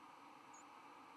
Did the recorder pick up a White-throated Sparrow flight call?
no